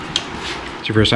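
A click-type torque wrench set to 90-120 inch-pounds tightens the handlebar riser clamp bolts on a Harley Iron 883 in a crisscross pattern for new Z-bars. A short, sharp click at 0.2 s marks the wrench breaking over at its setting, and then someone talks. The bolt is tightened to spec.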